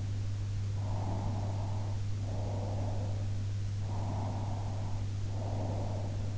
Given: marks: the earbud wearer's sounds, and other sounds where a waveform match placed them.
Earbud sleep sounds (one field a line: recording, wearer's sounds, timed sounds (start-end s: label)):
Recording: sounds in sleep by an in-ear microphone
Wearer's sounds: breath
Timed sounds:
0.90-3.12 s: breath
3.79-6.17 s: breath